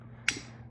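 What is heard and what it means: A metal retaining clip is fitted into the groove on a fuel injector and pushed into place, seating with a sharp, bright click at 0.3 s. The clip pops right in over a low, steady background hum.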